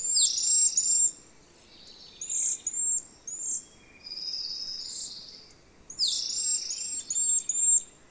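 Bird song: high, thin whistled phrases with quick downslurred notes and trills, repeated in bursts separated by short pauses, over a soft steady background hiss.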